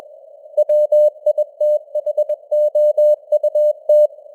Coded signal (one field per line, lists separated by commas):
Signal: Morse code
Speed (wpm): 21 wpm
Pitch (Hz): 600 Hz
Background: none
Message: WITHOUT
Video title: Morse Code News | 2025-10-28 | 21wpm